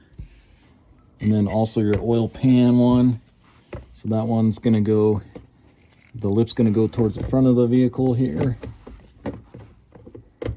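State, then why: Not seated. Someone talks while lining up the plastic oil-pan access door on the engine undertray shield of a 2010–2020 Hyundai Santa Fe 2.4, with its lip toward the front of the vehicle. A few brief handling knocks are heard near the end, but nothing has seated or clicked into place yet.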